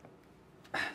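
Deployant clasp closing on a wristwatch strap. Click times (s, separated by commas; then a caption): 0.8 s. A stiff tension-type deployant clasp on the strap of a Cartier Rotonde Chronograph wristwatch is pushed closed after it failed to stay shut on earlier pushes. After a faint tick near the start, it snaps shut with a sharp, bright click at 0.8 s. The clasp is seated and now feels secure.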